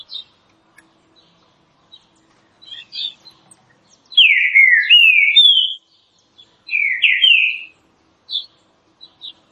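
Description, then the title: Green-winged saltator song: two strong whistled phrases of sliding, warbling notes, with soft high chip notes scattered before and after. Classic song style used for training. "Canto Clássico Trinca Ferro TREINAMENTO"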